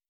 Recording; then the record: hydrophone in a shrimp aquaculture tank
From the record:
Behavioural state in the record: starved